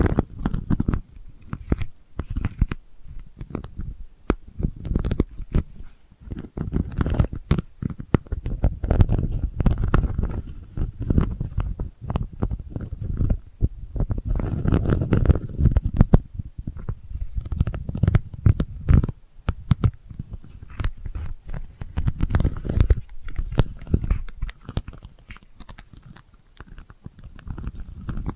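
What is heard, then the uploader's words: Delicate scratching runs throughout as a dense, continuous series of soft, low scrapes and rustles, with many quick clicks flicking upward into brighter detail. The texture is busy but gentle, swelling a little around the middle without any clear pauses. ASMR Delicate Scratching for Sleep (No Talking).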